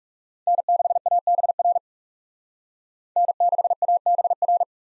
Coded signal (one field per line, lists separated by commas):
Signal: Morse code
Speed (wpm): 39 wpm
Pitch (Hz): 700 Hz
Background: none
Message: N6ABR N6ABR